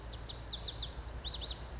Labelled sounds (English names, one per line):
Lazuli Bunting